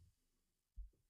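Brief, deep rumble of a growling stomach in a quiet room, ordinary hunger-related bowel sounds as lunchtime nears.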